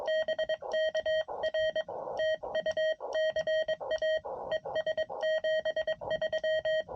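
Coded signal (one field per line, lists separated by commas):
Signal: Morse code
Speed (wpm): 22 wpm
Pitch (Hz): 1900 Hz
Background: none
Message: BK R TU CA ES 73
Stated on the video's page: Morse from a POTA activation in a national forest, sent with a Palm Radio Pico paddle on a Venus SW-6B radio with a Hamstick antenna.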